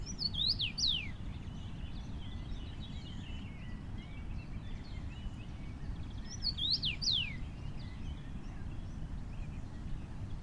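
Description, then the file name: Common rosefinch singing a brief phrase of sweet, slurred descending whistles twice, about six seconds apart, with constant low background rumble. Recorded 25 May 2019 in Essenbach, Germany. "Karmingimpel 25 05 2019 Essenbach LA Susanne Rieck"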